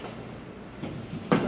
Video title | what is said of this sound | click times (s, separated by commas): World Best Glass Shower Door | Then the cement board just locks into place um, | 1.3 s